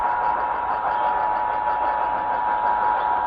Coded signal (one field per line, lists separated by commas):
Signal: Emergency Alert System (SAME) tones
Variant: 853 and 960 Hz attention tone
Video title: Rest Easy, @ZakiTokitoFan - EAS Tests of 12/6/23 (New EAS 263-266)